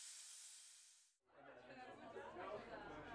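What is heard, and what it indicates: Steady high hiss like a pressure cooker, then muffled busy chatter: a simulation of tinnitus in both ears, which keeps the listener from following some conversations with other people and sometimes isolates them.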